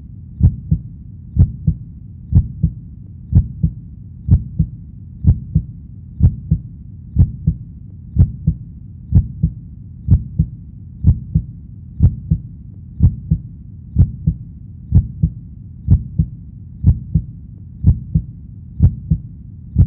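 Steady, regular lub-dub heartbeat at about 62 beats a minute, low and soft over a faint hum.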